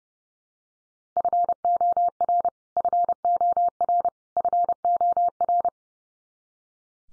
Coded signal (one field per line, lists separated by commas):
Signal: Morse code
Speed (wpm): 30 wpm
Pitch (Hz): 700 Hz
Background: none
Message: FOR FOR FOR